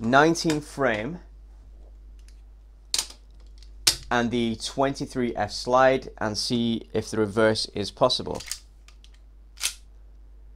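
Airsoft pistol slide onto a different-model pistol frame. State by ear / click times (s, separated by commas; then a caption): seated / 9.6 s. Someone talks while an airsoft KWA Glock 23F slide is fitted onto a KWA Glock 19 frame, with sharp handling clacks around 2.9 and 3.9 seconds and softer taps near 9.0 seconds. At 9.7 seconds a loud click is heard as the slide locks into place on the frame, seated.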